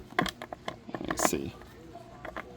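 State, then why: Not seated. A side marker bulb socket is handled at the plastic tail light housing of a 2020–2025 sixth-generation Subaru Outback while someone talks briefly. Light taps and rattles of handling come through in the first 0.7 seconds, with a couple of softer knocks near 2.3 seconds. Nothing has seated or clicked yet.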